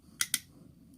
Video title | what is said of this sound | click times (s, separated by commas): Vintage Toxic Crusaders Smogcycle and Bonehead Figure Review | we get by the way we have his motorcycle which has a cool little click when he yeah | 0.2 s, 0.3 s